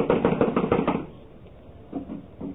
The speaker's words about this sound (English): Blast it. It's locked from the inside. Well, someone is definitely in there. I'm going to knock.